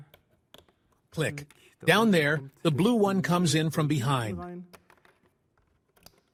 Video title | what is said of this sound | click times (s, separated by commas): VW T6.1 new speakers and subwoofer installation - DIY - ARS24 | het bruine – klik. | 0.5 s